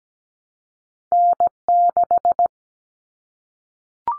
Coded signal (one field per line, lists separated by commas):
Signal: Morse code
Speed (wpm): 17 wpm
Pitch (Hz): 700 Hz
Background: none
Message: N6